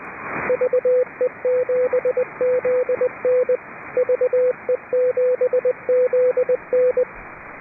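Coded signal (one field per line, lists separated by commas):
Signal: Morse code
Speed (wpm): 20 wpm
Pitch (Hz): 500 Hz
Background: radio noise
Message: VE7ZN VE7ZN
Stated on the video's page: British Columbia Public Service Net on 3.729 MHz, net control operating fully remote from a boat.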